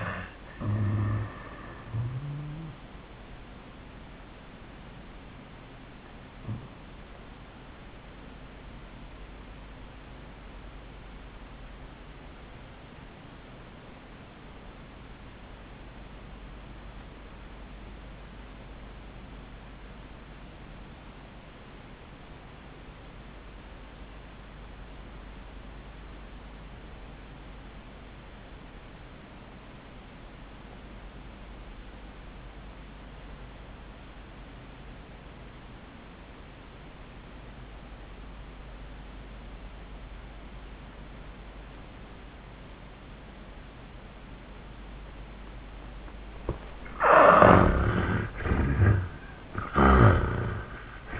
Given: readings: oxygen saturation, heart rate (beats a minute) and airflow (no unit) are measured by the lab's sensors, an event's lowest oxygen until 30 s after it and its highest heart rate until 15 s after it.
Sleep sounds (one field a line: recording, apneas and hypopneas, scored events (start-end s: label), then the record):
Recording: breathing in sleep by a voice recorder at the bedside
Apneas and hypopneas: 1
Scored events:
9.00-46.90 s: obstructive apnea (REM, oxygen 96% highest, then 60% lowest, heart rate 89 at the start, 102 highest)
34.00-51.19 s: new sleep stage, N1 (lightest sleep)
From the record:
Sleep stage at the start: REM sleep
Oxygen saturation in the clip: 64 to 96%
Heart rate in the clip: 63 to 96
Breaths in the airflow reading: 3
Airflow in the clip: -18.0 to 13.6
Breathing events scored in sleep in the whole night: 400 in 8.7 hours asleep